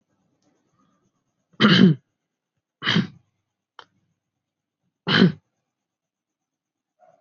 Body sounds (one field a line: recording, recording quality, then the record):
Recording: shallow voluntary cough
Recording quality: moderate, slight background noise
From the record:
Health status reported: healthy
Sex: male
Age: 19 years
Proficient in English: yes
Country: India